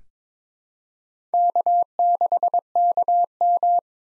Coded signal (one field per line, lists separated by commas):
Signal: Morse code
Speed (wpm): 22 wpm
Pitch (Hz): 700 Hz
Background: none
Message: K6KM